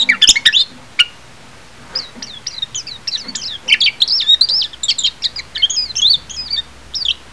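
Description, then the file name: Japanese white-eye calls: rapid high, thin twittering notes, some sweeping up and down, delivered in quick irregular bursts with faint clicks early on. "mejiro -titi"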